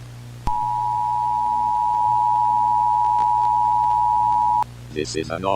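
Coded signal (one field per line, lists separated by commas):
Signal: Emergency Alert System (SAME) tones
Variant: 853 and 960 Hz attention tone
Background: speech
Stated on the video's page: Captured from the first VHS tape found.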